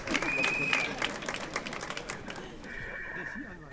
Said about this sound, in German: Lass sie kurz klatschen.